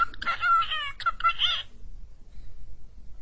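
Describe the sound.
Cockatiel chatter: a burst of quick, warbling, harmonic notes for about one and a half seconds, then near quiet.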